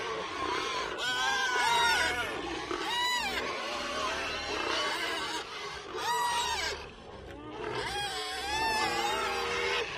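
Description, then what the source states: Domestic pigs squealing loudly in a crowded group, with high wavering screams in repeated bursts. A busy, dense group of pigs.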